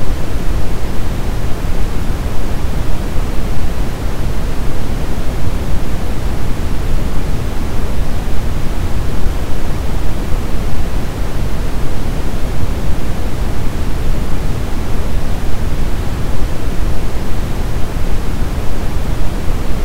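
A deep brown noise runs unbroken for the whole clip, a dense, even rush weighted heavily toward the low end, like a rumble with a soft hiss above it. Loudness stays level throughout with no events, pauses or changes.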